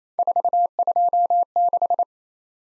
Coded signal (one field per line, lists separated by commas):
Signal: Morse code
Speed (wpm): 27 wpm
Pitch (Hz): 700 Hz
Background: none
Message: 426